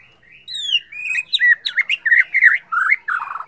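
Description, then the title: White-rumped shama song, a dense rapid run of varied whistles, high slurred notes and harsh chattering elements. Bornean form of the shama (murai Borneo). "MURAI BORNEO MAS KIKI"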